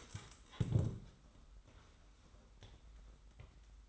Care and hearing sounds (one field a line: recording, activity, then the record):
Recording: daily activity, microphone in the room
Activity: stand up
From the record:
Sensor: 3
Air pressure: 990.4 hPa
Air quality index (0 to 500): 171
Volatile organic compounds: 1000 ppm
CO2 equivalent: 5545 ppm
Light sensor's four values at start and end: 43/99/41/39 and 42/100/41/39